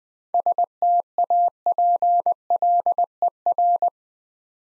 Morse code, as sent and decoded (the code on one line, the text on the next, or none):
... - .- .--. .-.. . .-.
STAPLER